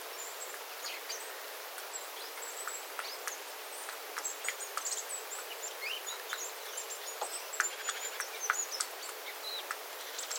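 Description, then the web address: Small birds giving thin, high, scattered call notes from a flock, overlapping irregularly, with steady sharp drips of water and a soft background hiss. Small flock of small birds calling on 9 September 2025 after rain, with water dripping from the eaves. "paivat 9 9 2025 pikkulintuparven aantelya vesi tippuu raystaalta sateen jalkeen"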